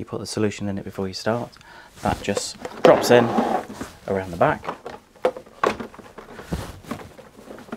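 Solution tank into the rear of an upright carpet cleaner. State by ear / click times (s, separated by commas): seated / 5.6 s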